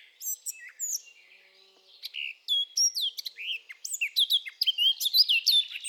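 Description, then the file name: Eurasian blackcap song, a few high chips and a soft interlude, then a loud, fast, richly whistled warble building toward the end. "Sylvia atricapilla"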